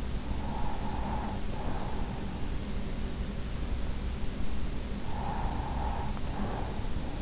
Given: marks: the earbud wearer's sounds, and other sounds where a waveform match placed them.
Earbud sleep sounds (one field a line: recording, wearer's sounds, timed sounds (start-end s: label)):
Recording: sounds in sleep by an in-ear microphone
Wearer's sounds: breath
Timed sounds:
0.17-2.43 s: breath
4.83-7.22 s: breath